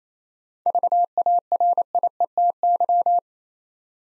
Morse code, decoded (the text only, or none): VARIETY